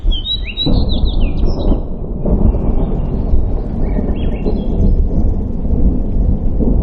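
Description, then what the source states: Bird calls: quick bright chirps and trills at the start, then softer scattered notes, under heavy low rumbling wind noise. Recorded in Denali, Alaska, on 24 June 2015.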